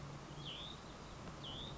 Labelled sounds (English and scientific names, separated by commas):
Hutton's Vireo (Vireo huttoni)